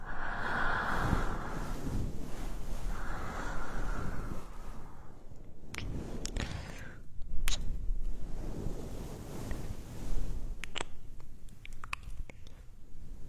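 An ear massage, with soft rubbing and brushing sounds that swell and fade in slow waves. Sharp little taps or crackles break through around the sixth to eighth seconds and again near the end. The rubbing is mostly low and muffled, with some airy hiss above it.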